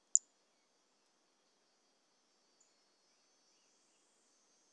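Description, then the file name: Brachycephalus mirissimus toadlet with one short, high chirp at the start, followed by quiet and a faint high background hiss. Recorded 18 January 2018; one individual (individual 04), later collected as a museum specimen. "Brachycephalus mirissimus 18 jan 2018 individual 04 ex 03 A E Confetti collected"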